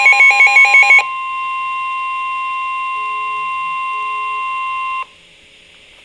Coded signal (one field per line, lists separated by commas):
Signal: Emergency Alert System (SAME) tones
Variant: 1050 Hz attention tone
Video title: Flood Warning (EAS #226)